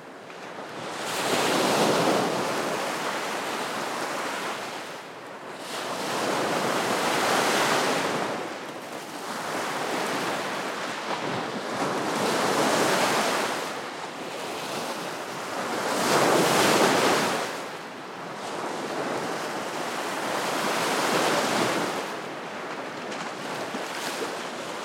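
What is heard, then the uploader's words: Freshwater waves crash and wash up the shore in steady, overlapping surges every few seconds, with a constant hiss of water and light wind. Chilly September waves splash on the shore of Oval Beach in Saugatuck, Michigan. Freshwater waves as they crash, ebb, and flow on the shore. A gentle breeze. This was recorded with the Sound Devices MixPre-6 and SENNHEISER Mkh 416 Shotgun Mic.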